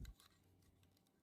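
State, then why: Seated. A small plastic piece of a Doraemon model kit is pushed onto its mounting peg until it snaps. A sharp click sounds at 0.05 s, then a softer tick at about 0.2 s and a quiet tail. The piece seats in place.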